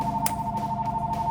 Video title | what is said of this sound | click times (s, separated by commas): 2014-2019 Corvette C7 AWE Track Edition Axle-Back Exhaust Review & Sound Clip | Push that gray tab back in and lock it in just for that extra security. | 0.3 s